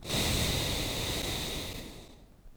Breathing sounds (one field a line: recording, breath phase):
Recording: one breath near a microphone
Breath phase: exhalation